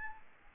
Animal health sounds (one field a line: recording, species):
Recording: mosquito wingbeat signal from an infrared sensor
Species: Aedes albopictus